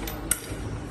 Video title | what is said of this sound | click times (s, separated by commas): G2 Unboxing Video | until it clicks into place. | 0.3 s